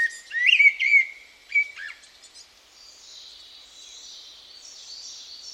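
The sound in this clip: Bird whistling a few sharp, looping chirps in the first two seconds, after which only faint, high twittering carries on in the background.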